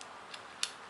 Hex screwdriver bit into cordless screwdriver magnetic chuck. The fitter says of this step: let's say let's get this one and it magnetically snaps into place